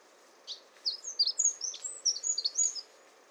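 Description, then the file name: Eurasian wren song: a brisk stream of high, piercing notes and trills. "Troglodytes troglodytes"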